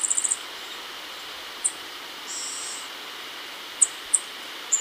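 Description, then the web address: Yellow-faced grassquit with a short, rapid, very high trill at the start, then scattered thin, sharp high notes and one soft, drawn-out high tone over steady hiss. Recorded in Ecuador. "Birds of Ecuador. Yellow-faced Grassquit"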